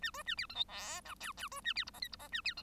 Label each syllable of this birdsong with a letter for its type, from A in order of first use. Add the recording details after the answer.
A B A C D E F G H H B A C I J K I J A C D. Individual Bird1